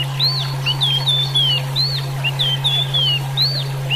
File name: suara alam hwamei mini